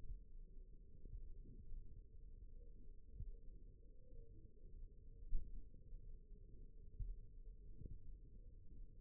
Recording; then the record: forearm muscle sounds (acoustic myography)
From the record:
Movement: finger pinch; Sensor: system 1, eight BSWA MPA416 microphones around the upper forearm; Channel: 2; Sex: female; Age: 21 years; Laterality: right